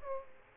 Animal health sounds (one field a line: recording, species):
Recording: mosquito wingbeat signal from an infrared sensor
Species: Aedes aegypti